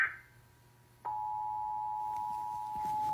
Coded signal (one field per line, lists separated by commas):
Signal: Emergency Alert System (SAME) tones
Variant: 853 and 960 Hz attention tone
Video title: ANOTHER SPECIAL MARINE WARNING? (EAS #30!)